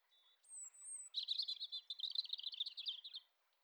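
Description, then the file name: European robin song: thin high whistles, then a long rapid jumble of trilling, twittering notes lasting about two seconds. "Erithacus rubecula"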